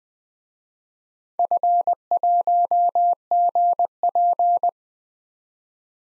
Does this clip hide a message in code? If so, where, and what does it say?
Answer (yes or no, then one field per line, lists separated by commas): yes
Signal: Morse code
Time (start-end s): 1.4-4.7 s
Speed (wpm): 20 wpm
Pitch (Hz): 700 Hz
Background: none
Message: F1GP